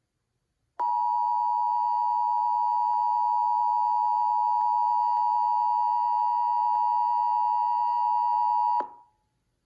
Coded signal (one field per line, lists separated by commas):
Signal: Emergency Alert System (SAME) tones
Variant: 853 and 960 Hz attention tone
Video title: Alerts from WDFA II (EAS# 166-169)